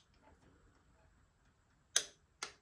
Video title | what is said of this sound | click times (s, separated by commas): MAZDA CX-5 FULL SERVICE HOW TO GUIDE | tighten it till you hear it click | 2.0 s